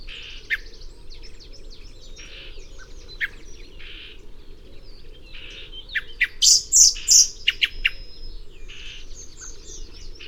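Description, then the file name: Common blackbird calls: a quick run of a few sharp, high, bright notes past the middle, with scattered fainter chirps and a low steady hum throughout. "Turdus merula"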